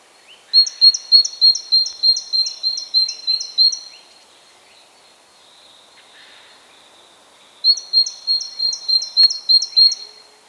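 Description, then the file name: Great tit singing two strophes of quick, repeated two-note high whistles, each bout about three seconds long, separated by a pause. "Parus major"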